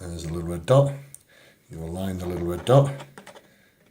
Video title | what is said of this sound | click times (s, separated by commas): Enraf Nonius 811 Shockwave Full Review | Here we click into place. | 3.3 s